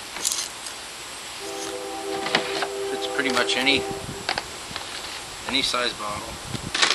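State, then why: Not seated. A plastic water bottle is handled at the PVC lock fitting of a water rocket launcher while someone talks, with sharp taps and clicks from the handling and a steady low tonal hum in the middle of the clip. The bottle has not yet been pushed onto the fitting, and nothing has locked or seated.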